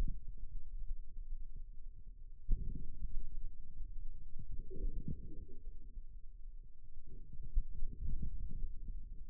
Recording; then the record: forearm muscle sounds (acoustic myography)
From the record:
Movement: outward rotation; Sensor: system 2, bracelet of six BSWA MPA416 microphones around the upper forearm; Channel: 4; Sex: male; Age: 22 years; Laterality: right